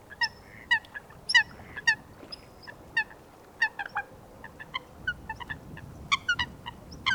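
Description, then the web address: Eurasian coot calls, short sharp harmonic notes given in irregular bursts. "Foulque macroule - Fulica atra. Audrey Beauduc"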